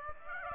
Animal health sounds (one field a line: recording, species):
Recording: mosquito wingbeat signal from an infrared sensor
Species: Aedes aegypti